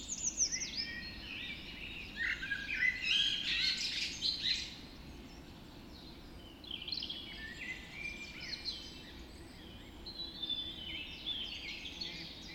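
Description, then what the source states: Birds in a bird, a loud opening flurry of high warbling song, then quieter scattered chirps and trills from several birds. Bird recorded just after dawn in the Forest of Dean.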